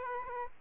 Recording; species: mosquito wingbeat signal from an infrared sensor; Aedes aegypti